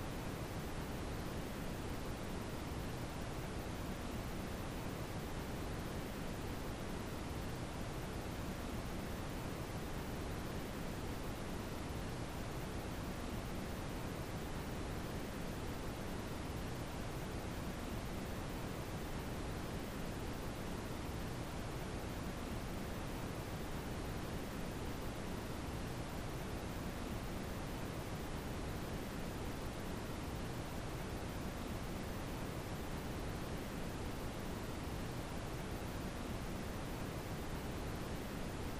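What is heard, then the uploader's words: Brown noise: a deep, constant rush like distant water or wind, weighted toward the low end with a softer, dimmer top. It holds perfectly steady for the whole length, dense and even, with no separate events and nothing else behind it. Brown Noise. Deep, soothing sound that resembles a constant rush of water or wind in the distance.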